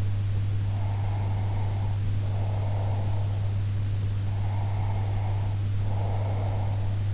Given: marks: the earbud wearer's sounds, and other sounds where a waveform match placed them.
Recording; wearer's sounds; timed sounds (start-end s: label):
sounds in sleep by an in-ear microphone; breath
0.66-3.52 s: breath
4.32-6.98 s: breath